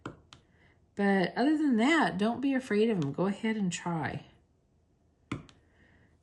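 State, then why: Seated. A square resin diamond-painting drill is pressed into its cell on an adhesive canvas grid. Two faint ticks sound near the start, then someone talks from about 1.0 to 4.3 seconds. After a quiet pause, a sharp click at 5.3 seconds marks the drill snapping into place, seated.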